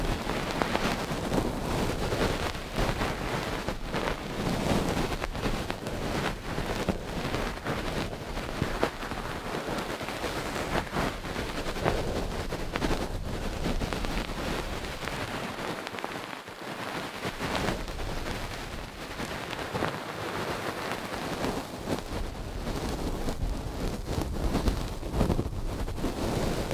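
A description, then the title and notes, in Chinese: A feather stick sweeps through the right ear in dense, continuous rustling and scratchy brushing. Soft strokes come in quick, irregular succession at an even loudness for the whole stretch, with only a brief slightly quieter moment near the middle. 鹅毛棒掏耳（右耳）。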